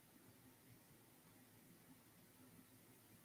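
A watch strap's spring-loaded pin is pulled back and lined up against the lug hole of the watch case, ready to be slid round and snapped in. Only a steady broadband hiss with faint, soft handling noise is heard, with no sharp sounds. Nothing has seated or clicked yet.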